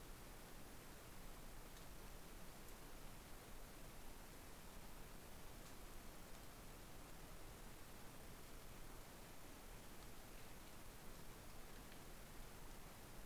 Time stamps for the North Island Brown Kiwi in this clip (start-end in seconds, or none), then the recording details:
none. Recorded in New Zealand on 13 December 2015. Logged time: 21:44. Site CL72